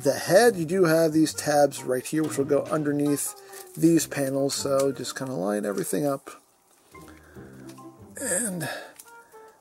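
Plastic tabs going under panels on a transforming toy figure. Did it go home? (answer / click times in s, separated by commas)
no / none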